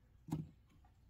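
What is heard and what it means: A windshield wiper blade's plastic adapter is slid onto the J-hook of the metal wiper arm on a Toyota Corolla and yanked to seat it. A single muffled thump is heard at about 0.3 s, with no sharp click, and nothing has clicked into place yet.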